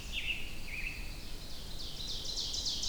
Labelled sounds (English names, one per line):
Ovenbird song